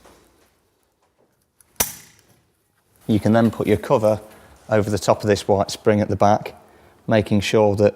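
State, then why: Seated. A plastic soft-close piston for an Innostor Plus soft close larder is pushed into its runner housing, with its white section pointing backwards and lined up with the side grooves. It clicks into place at 1.8 s with a single sharp snap, seating the piston. Someone then talks.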